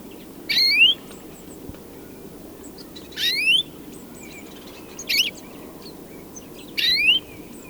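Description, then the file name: European greenfinch calls: four short rising, slurred upsweeps, each with a buzzy start, separated by pauses over a steady low background hum. "Chloris chloris"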